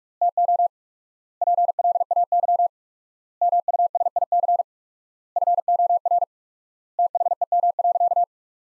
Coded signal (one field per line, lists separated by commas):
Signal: Morse code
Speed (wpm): 42 wpm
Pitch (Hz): 700 Hz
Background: none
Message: TO PLAY MUSIC FOR THEM.